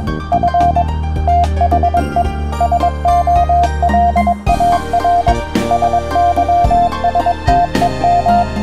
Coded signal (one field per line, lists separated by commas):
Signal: Morse code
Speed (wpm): 22 wpm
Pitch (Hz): 700 Hz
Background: music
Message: F THE SOLAR SYSTEM